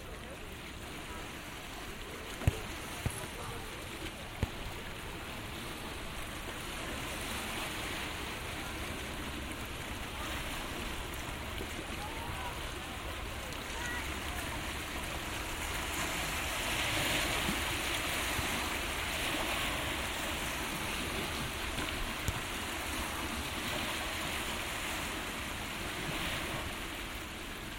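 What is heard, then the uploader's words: A beach scene with a steady wash of surf throughout, swelling into a louder, hissing rush of water from about 15 to 22 seconds. Faint voices sit low in the mix, and a few sharp knocks land near the start. Generative soundscape based on a two-dimensional random walk between four binaural soundscapes recorded in Piran (Slovenia). Beach scene with mother and child.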